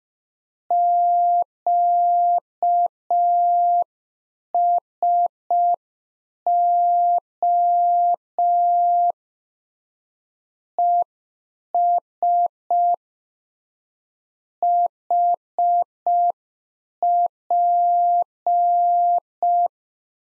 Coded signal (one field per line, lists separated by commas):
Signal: Morse code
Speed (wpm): 5 wpm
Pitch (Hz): 700 Hz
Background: none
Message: QSO ES HP